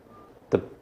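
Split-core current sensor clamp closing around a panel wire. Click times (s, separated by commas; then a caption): 0.5 s. A split-core clamp-on energy sensor is closed around a wire in an electrical panel, giving a single sharp snap at 0.55 s against a quiet background. The snap means the clamp is closed, seated and ready to measure energy.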